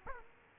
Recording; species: mosquito wingbeat signal from an infrared sensor; Aedes aegypti